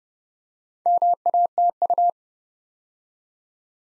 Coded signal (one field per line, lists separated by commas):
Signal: Morse code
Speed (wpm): 30 wpm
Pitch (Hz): 700 Hz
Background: none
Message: MATU